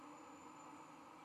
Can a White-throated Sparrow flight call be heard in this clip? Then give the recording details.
no. No flight call is heard. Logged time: 22:31 on 11 November 2014